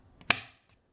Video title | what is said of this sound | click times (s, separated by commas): How To Configure a Video Editing Studio in a Tight Space | hear how positive that sound is when I click it down? | 0.3 s